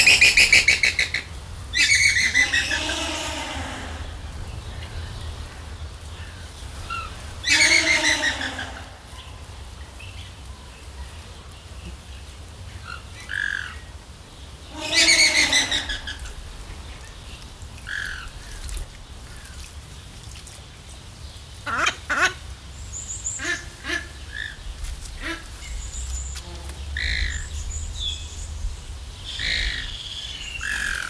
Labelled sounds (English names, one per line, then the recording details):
Andean Flamingo
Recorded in captivity
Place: Zoo Berlin, Berlin, DE
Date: 1995-07-22 19:32
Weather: heiter, 20-22°C
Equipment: Sony WM-D6C, Sennheiser ME 80, Kopie Uher 4000 Report Monitor
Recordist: Tembrock, Günter